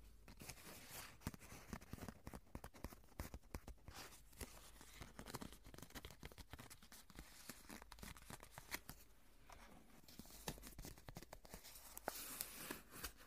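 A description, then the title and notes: Ear cleaning sounds: a dense, crackling run of scratchy clicks and rustles that never lets up. The pops come fast and irregular, some sharp and bright, others duller, with brief louder bursts scattered throughout and no other sounds behind them. Naturally Cleaning Your Ears.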